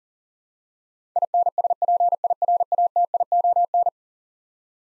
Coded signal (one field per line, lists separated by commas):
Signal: Morse code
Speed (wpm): 40 wpm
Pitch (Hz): 700 Hz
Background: none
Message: INSPIRATION